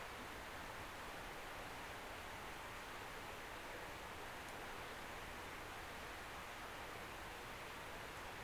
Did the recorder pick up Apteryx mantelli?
no